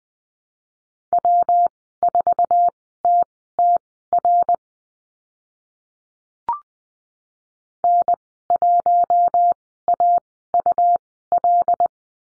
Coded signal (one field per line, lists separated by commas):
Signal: Morse code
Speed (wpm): 20 wpm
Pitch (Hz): 700 Hz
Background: none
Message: W4TTR N1AUL